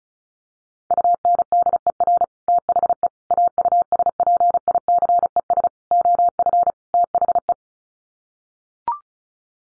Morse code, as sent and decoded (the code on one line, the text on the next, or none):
..- -. -.. . .-. / - .... . / .- ..- ... .--. .. -.-. . ... / --- ..-. / - .... .
UNDER THE AUSPICES OF THE